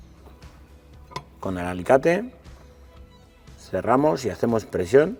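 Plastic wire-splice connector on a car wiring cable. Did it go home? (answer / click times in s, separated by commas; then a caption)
partly / 1.2 s. A plastic wire-splice connector on a car wiring cable, part of the towbar wiring kit for a 2019-on Ford Focus IV Sportbreak, is squeezed with the fingers and gives a short, sharp first click at 1.2 s. The connector is only partly closed at this point, still to be fully closed with pliers. Someone then talks over background music.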